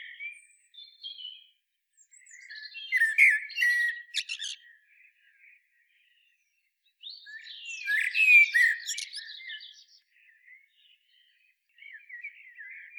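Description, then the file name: Common blackbird song in two loud phrases of fluted notes mixed with high, squeaky twittering, with quieter twitters before, between and at the end. "Turdus merula"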